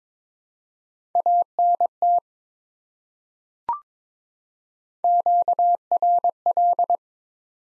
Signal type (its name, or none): Morse code